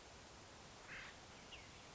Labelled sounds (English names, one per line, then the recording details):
Acorn Woodpecker
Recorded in Sonoma County, California